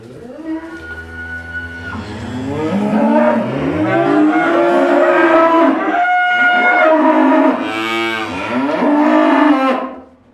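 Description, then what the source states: Cattle mooing, long moos rising and falling in pitch, continuous for about ten seconds before fading out. Cattle recorded in a cowshed.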